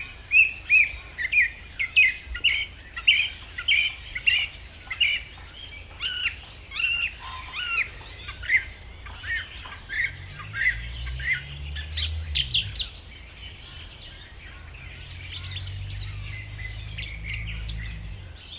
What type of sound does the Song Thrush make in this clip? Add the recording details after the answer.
song. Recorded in the wild. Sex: male. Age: adult. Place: Lüdersdorf, Barnim, Brandenburg, DE. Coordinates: 52.9222, 14.0772. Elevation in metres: 53. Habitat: copse. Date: 2006-04-13 19:18. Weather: overcast, 10°C, almost no wind. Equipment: Marantz PMD 671, Sennheiser MKH 70, Popschutz. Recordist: Frommolt, Karl-Heinz